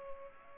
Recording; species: mosquito wingbeat signal from an infrared sensor; Culex pipiens